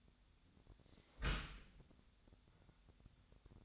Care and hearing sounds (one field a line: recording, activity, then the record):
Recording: daily activity, microphone in the room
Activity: close dishwasher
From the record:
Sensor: 3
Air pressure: 1006.5 hPa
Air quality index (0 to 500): 209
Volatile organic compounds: 20 ppm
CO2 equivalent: 2674 ppm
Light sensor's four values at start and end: 11/25/10/10 and 11/25/10/10